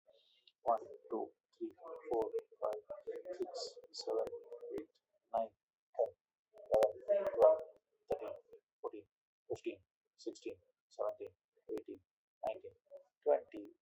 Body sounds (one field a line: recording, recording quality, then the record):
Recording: counting at a normal pace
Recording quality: excellent, no background noise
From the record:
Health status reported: exposed to COVID-19, no respiratory illness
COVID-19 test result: negative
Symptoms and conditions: none ticked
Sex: male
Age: 53 years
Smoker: not ticked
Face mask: worn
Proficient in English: yes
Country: India